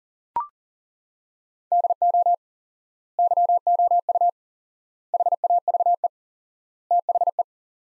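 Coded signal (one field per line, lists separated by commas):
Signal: Morse code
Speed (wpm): 40 wpm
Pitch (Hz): 700 Hz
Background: none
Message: DO YOU HAVE THE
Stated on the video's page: Morse practice sentences from the top 300 words at 40 wpm with 4x word spacing, a Farnsworth-like method.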